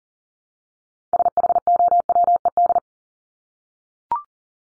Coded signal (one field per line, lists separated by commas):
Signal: Morse code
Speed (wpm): 40 wpm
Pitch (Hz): 700 Hz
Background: none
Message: SHOWED